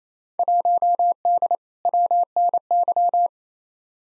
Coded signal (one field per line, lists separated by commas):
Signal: Morse code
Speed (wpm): 27 wpm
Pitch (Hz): 700 Hz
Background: none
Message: 1D WNY